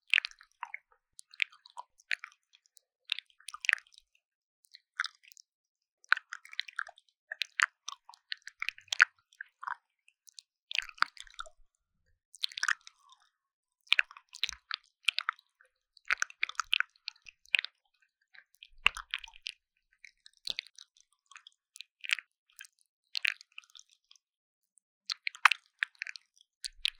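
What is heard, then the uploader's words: Wet mouth sounds: quick clicks, smacks and squishy chewing-like noises come in short bursts every second or so across the whole 27 seconds. The sounds are bright and crisp with almost nothing low, and brief silences fall between the clusters. 3Dio Mouth Sounds. NoTalking.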